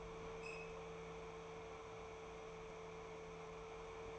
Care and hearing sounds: daily activity, microphone in the room; open fridge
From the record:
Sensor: 1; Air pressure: 1015.0 hPa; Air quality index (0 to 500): 193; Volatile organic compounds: 21 ppm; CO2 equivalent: 2737 ppm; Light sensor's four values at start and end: 11/27/11/12 and 11/28/11/13

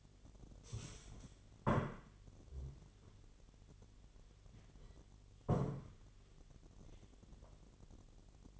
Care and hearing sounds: daily activity, microphone in the room; stand up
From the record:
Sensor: 4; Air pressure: 1008.7 hPa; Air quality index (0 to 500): 171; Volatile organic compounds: 5 ppm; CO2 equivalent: 1716 ppm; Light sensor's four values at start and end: 23/72/27/26 and 23/72/27/26

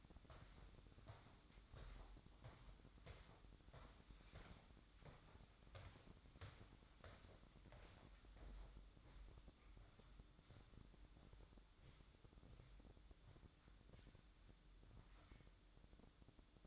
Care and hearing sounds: daily activity, microphone in the room; walk to room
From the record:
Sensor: 3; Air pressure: 1008.2 hPa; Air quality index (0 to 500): 132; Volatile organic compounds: 2 ppm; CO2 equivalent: 1093 ppm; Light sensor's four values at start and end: 9/21/9/8 and 9/22/9/8

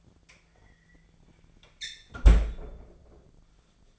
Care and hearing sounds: daily activity, microphone in the room; close fridge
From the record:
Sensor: 5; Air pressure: 1009.7 hPa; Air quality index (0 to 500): 164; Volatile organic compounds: 4 ppm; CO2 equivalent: 1591 ppm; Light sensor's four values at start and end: 105/270/112/119 and 105/272/112/120

